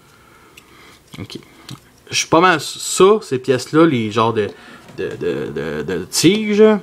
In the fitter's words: Et ça se clipse.